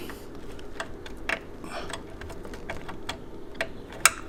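A plastic side-mirror trim piece is lined up and pressed into the door frame of a 2017 Nissan Altima. Several light plastic ticks and taps occur as it is worked into place, then a sharp, loud snap at 4.0 s as it seats firmly.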